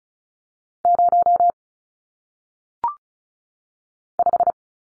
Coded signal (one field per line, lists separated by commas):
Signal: Morse code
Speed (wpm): 35 wpm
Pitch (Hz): 700 Hz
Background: none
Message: 0 5